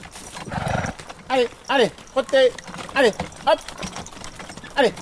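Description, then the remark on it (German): Hooves of two donkeys, Ulysse and Annabelle (grandfather and granddaughter), clip-clop steadily as they pull a two-donkey cart, while a man's voice repeatedly calls out short rising and falling shouts over the plodding rhythm; the church tower of Saint-Sever is in view. “Die Esel Ulysse und Annabelle, Großvater und Enkelin, ziehen uns.”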